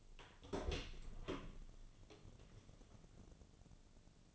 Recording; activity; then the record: daily activity, microphone in the room; open door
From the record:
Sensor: 4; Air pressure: 1001.3 hPa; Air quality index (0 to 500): 185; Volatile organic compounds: 3 ppm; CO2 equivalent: 1318 ppm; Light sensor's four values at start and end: 16/37/15/15 and 14/33/13/14